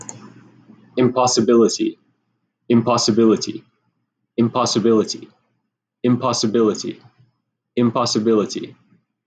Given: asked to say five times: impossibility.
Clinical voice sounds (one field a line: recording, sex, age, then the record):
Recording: repeated word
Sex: male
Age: 20 to 29 years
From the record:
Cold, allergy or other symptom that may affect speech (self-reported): no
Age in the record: 29 years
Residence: Massachusetts, United States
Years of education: 16